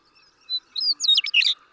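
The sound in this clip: Western meadowlark song, a short phrase of flute-like whistled notes sliding into a quick gurgling warble, with a steady faint hum underneath.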